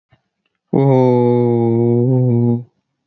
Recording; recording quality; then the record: sustained vowel as in boot; excellent, no background noise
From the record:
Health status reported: exposed to COVID-19, no respiratory illness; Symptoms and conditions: none ticked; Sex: male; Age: 30 years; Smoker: not ticked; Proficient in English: yes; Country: United States